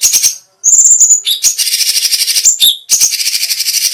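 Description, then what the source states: Grey-cheeked Bulbul song, a nearly continuous run of harsh, high, rattling trills mixed with a bright sustained whistle and quick falling notes. Special song bursts, called "tembakan istimewa" in Indonesian.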